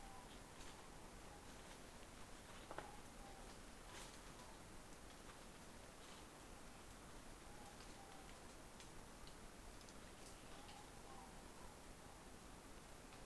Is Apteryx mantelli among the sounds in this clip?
no